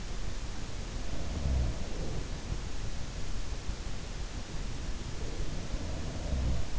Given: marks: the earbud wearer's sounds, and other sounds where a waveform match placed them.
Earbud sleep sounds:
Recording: sounds in sleep by an in-ear microphone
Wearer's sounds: breath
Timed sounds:
0.99-2.53 s: breath
1.28-2.25 s: sound from someone else or the room
4.76-6.79 s: breath
5.94-6.79 s: sound from someone else or the room

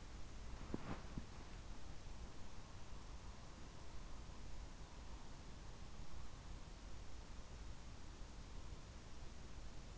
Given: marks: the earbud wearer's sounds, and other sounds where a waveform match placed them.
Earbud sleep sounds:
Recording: sounds in sleep by an in-ear microphone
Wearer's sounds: body movement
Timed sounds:
0.00-1.88 s: body movement

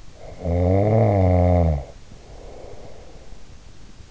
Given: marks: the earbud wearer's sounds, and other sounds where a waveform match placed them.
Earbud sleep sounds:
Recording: sounds in sleep by an in-ear microphone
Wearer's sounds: snoring breath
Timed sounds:
0.18-3.33 s: snoring breath

